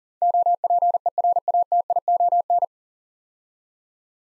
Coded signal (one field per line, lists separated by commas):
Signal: Morse code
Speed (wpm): 40 wpm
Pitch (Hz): 700 Hz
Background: none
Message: OPERATION